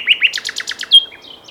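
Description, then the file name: Common nightingale song fragment: two rising chirps followed by a quick run of repeated notes and a short clear whistle. "Luscinia megarhynchos"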